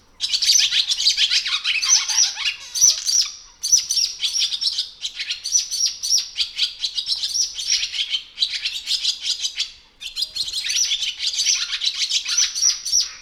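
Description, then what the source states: Swallows in continuous high twittering, a dense stream of fast chirps and chattering notes that barely pauses throughout. Recorded 3 March 2007.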